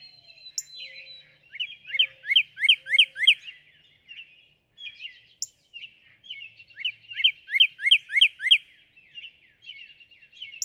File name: Northern Cardinal